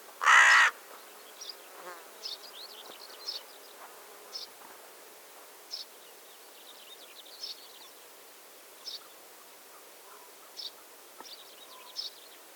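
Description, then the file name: Carrion crow uttering one short hoarse caw at the start, then quiet scattered high-pitched chirps and ticks from other birds for the rest. "Corvus corone"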